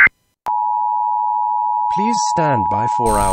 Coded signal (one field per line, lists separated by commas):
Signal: Emergency Alert System (SAME) tones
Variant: 853 and 960 Hz attention tone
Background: speech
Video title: Philippine Emergency Broadcast System ((PH-EBS)